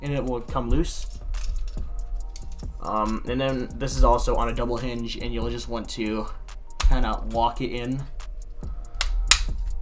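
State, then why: Seated. A double-hinged plastic arm section of a Transformers Legacy Leader Class Blitzwing action figure is walked in toward the figure's body while someone talks, with small plastic clicks and taps along the way. Two sharp snaps at 9.0 and 9.3 seconds mark the section seating into place.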